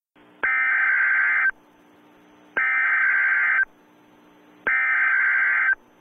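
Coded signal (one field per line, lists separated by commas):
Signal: Emergency Alert System (SAME) tones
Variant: header bursts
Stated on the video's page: Mock EAS alert, a simulated scenario rather than a real activation.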